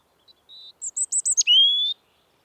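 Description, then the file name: European robin song fragment: soft whistle, several very high short chirps, then a long rising whistled note. "Erithacus rubecula"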